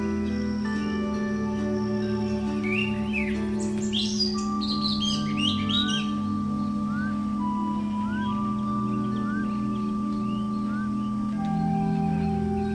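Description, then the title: Bird chirps and twitters in a dense burst early on, then short rising whistles about once a second, all over a constant humming drone. "SuaraBurung Kicau"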